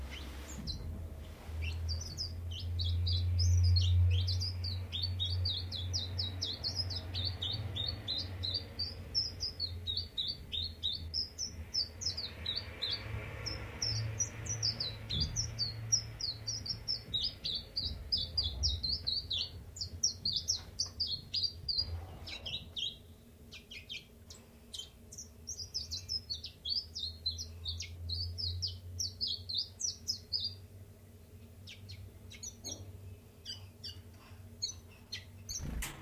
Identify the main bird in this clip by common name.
Common Chiffchaff